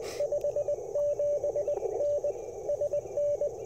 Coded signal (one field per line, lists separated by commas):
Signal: Morse code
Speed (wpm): 19 wpm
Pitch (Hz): 580 Hz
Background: radio noise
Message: 57N SN